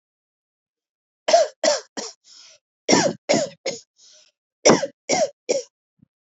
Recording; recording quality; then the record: shallow voluntary cough; excellent, no background noise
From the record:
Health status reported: healthy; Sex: female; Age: 42 years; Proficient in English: yes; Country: India